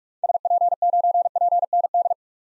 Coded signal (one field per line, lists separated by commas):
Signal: Morse code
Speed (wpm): 46 wpm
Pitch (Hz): 700 Hz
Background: none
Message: SP9PND